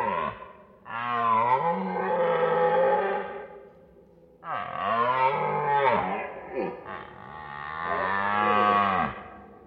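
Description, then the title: Deer roaring: deep, drawn-out bellows rich in harmonics, each several seconds long, with a short break between them. Deer calling at night in a forest. "Звуки ночного леса. Олени ночью"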